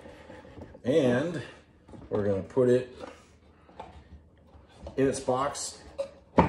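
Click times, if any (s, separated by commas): 6.4 s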